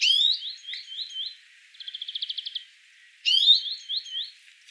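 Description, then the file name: European greenfinch calls: a sharp chirp leading into a run of twittering notes, then a rapid pulsed trill, and another chirp-and-twitter phrase. "Chloris chloris"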